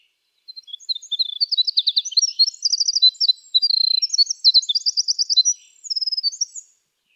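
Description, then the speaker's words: Winter Wren song: a long, rapid, high cascade of tinkling notes and fast trills lasting about six seconds. Male; few songs in repertoire, each very complex, lasting 5 to 10 seconds and repeated up to 40 times before the next song. "Here is the winter wren."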